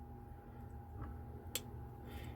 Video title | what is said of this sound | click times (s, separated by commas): Ep.14) Making Castellated Bezels - Link in Description #jewelrytutorials | and it clicks right in there just like that | 1.6 s